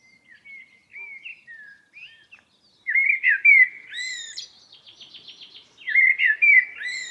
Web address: Environmental chamber testing blackbird